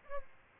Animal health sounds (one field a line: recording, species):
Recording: mosquito wingbeat signal from an infrared sensor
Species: Aedes aegypti